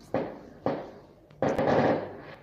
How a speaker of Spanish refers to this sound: Sí, son cohetes. No veo desde aquí, pero son cohetes.